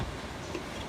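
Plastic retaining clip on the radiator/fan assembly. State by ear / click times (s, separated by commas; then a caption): not seated / none. A plastic retaining clip on the radiator/fan assembly of a 2007-2013 GMC Sierra 5.3 is handled during a radiator replacement as it is worked toward place on the other side. Only a steady low rumble with faint faint rustling is heard, with no distinct click, and nothing has seated or clicked yet.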